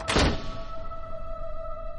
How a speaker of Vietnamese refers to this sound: Hai cánh cửa lại tự khép lại, rầm lên một tiếng.